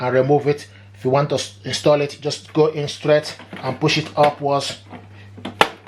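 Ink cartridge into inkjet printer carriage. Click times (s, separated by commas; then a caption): 5.6 s. An ink cartridge is pushed straight in and then upward into the carriage holder of an HP DeskJet 4120e wireless inkjet printer while someone talks. A sharp click at 5.6 s marks the cartridge snapping home and latching in place.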